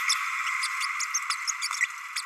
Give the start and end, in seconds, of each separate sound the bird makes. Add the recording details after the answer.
0.09-0.14, 1.14-1.19, 1.29-1.36, 1.47-1.51, 1.62-1.68, 1.80-1.87, 2.15-2.22. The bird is a male. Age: 30 days. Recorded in a nest box in Venezuela. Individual 17B32A6